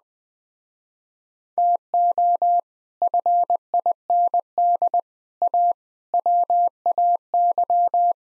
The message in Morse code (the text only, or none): TO FIND A WAY